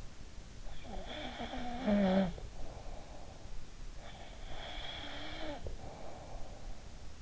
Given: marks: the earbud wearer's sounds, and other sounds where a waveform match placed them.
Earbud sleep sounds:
sounds in sleep by an in-ear microphone; snoring breath
1.00-3.53 s: snoring breath
4.51-6.79 s: snoring breath

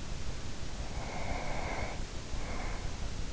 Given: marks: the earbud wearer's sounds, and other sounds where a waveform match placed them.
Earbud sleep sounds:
sounds in sleep by an in-ear microphone; breath
0.80-3.24 s: breath

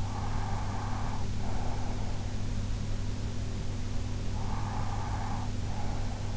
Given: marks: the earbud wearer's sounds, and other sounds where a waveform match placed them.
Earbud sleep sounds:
sounds in sleep by an in-ear microphone; breath
0.00-2.28 s: breath
4.22-6.28 s: breath

